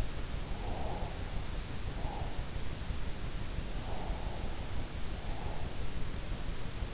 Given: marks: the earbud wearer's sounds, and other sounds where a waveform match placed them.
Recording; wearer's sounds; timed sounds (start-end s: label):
sounds in sleep by an in-ear microphone; breath
0.57-2.42 s: breath
3.80-5.88 s: breath